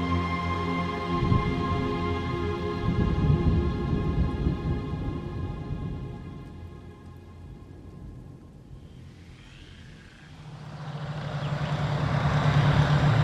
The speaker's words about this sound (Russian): Двигатель басовито урчал, колеса глотали километры.